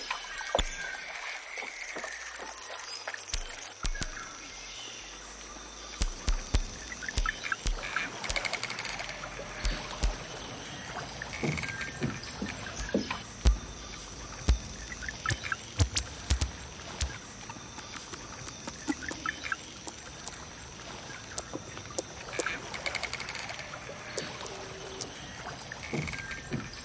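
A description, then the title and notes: A jungle field recording blended with a modular synth: a dense, steady wash of high insect-like hiss runs throughout, scattered with sharp clicks and pops every second or so. A low hum sits underneath, and brief chirping calls rise mid-range now and then. Jungle field recording + Modular Synth.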